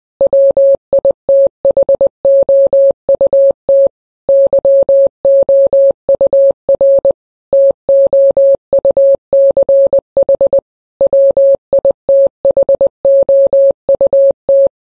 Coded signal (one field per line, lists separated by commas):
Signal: Morse code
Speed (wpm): 20 wpm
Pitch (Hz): 550 Hz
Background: none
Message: WITHOUT YOUR TOUCH WITHOUT